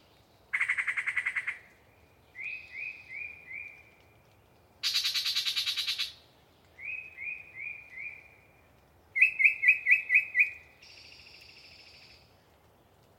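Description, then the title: Yellow-breasted chat singing: a long rattling burst, runs of three or four downslurred whistles, a loud hissing chatter, then rapid clipped notes and a buzzy tone. Pre-dawn, a particularly chatty bird giving a long soliloquy from deciduous cover. "A Very Chatty Yellow-breasted Chat"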